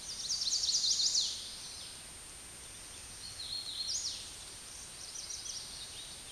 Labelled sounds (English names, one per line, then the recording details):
Hooded Warbler song
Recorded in a Pennsylvania forest on 16 May 2024 at 08:55
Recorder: AudioMoth, point MSD-2494
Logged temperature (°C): 15.6 °C
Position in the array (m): 104 m, 54 m